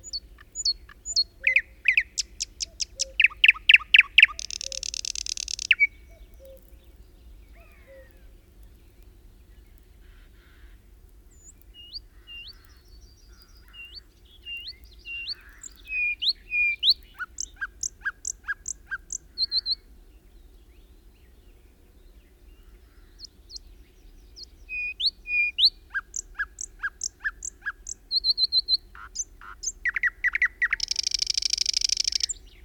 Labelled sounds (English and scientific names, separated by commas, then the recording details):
Thrush Nightingale (Luscinia luscinia) song
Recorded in the wild
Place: Schaabe, Insel Rügen, Mecklenburg-Vorpommern, DE
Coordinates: 54.57, 13.45
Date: 1969-05-22
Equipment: Nagra III BH, Sennheiser MD 21, parabola
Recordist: Schubert, Michael